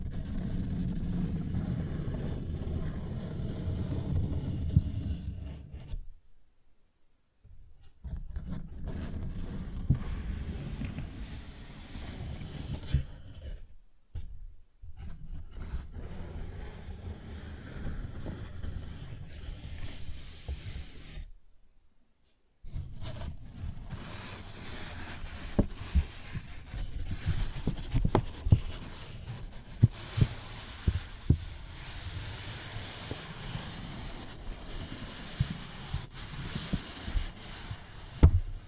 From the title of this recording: Paper Bag Tapping and Scratching Sounds